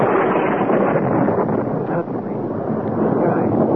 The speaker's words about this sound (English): Jagged streak of lightning cut sharply across the darkness, and a mighty crash of thunder shook the air around me.